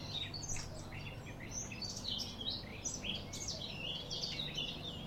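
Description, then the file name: Eurasian blackcap giving a continuous run of fast, warbled, high notes that twist up and down, with a low rumbling hum beneath. "Sylvia atricapilla"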